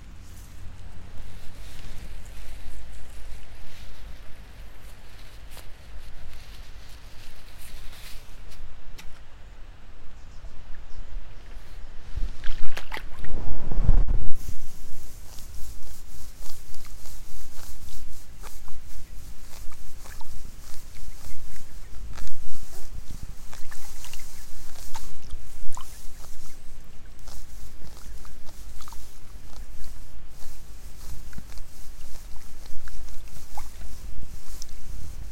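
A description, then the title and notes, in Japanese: Afternoon rice-seedling pulling, with scattered rustles, soft splashes and clicks over a steady low rumble. A louder, heavier burst of noise swells around 12 to 14 seconds. Afterward a faint, thin high buzz of insects hangs in the background. イネ苗とり 午後 そろそろ虫の声。33℃\\18℃。晴れ。今季最後の苗とり。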